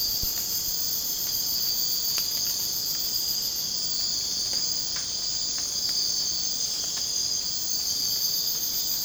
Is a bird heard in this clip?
no